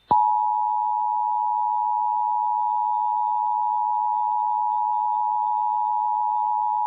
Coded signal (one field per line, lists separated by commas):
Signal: Emergency Alert System (SAME) tones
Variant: 853 and 960 Hz attention tone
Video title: EAS Required Monthly Test Tampa, Florida and New York City, New York +WeatherSTAR4000